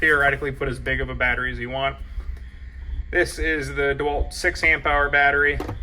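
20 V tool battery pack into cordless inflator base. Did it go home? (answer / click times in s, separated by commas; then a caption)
no / none. A DeWalt 6 Ah 20 V slide-on lithium battery pack is being handled at the open battery slot under a DeWalt DCC020IB 20 V cordless air inflator while someone talks. Faint handling sounds come through a gap in the talking around 2 to 3 seconds. Nothing has seated or clicked yet.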